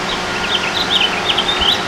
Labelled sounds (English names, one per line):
House Finch song